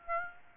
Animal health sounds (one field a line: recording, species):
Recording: mosquito wingbeat signal from an infrared sensor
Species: Aedes aegypti